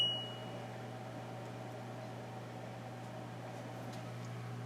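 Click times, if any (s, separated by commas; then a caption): none. An LG front-loading washing machine, model WM0642HW, with a "DE" door error code, has just been powered on and started, and its door lock latch is about to engage on its own. A short high beep fades in the first fraction of a second, then a steady low machine hum continues. Nothing has seated or clicked yet.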